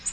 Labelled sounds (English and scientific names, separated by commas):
Nashville Warbler (Leiothlypis ruficapilla) flight call